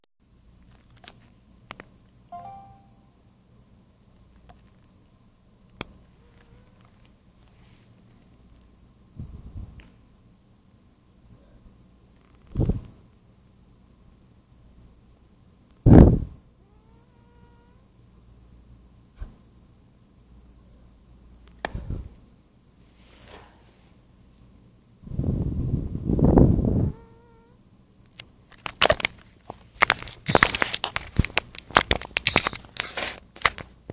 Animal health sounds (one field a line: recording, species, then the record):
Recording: mosquito flight sound by mobile phone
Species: Anopheles gambiae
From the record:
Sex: female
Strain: Kisumu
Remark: tethered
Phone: Nokia 5235